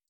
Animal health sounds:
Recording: hydrophone in a shrimp aquaculture tank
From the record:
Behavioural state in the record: stressed

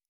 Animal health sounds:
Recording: hydrophone in a shrimp aquaculture tank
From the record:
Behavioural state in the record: normal

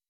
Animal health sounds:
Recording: hydrophone in a shrimp aquaculture tank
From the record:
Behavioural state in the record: weakened

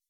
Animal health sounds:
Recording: hydrophone in a shrimp aquaculture tank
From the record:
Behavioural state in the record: weakened

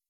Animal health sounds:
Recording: hydrophone in a shrimp aquaculture tank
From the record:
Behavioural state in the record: weakened

